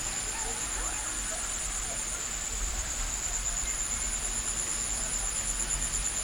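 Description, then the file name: Crickets chirp in a steady, piercing high trill, with soft low rumbling beneath. Crickets recorded in a village on Bali. "bali sirkat kyla"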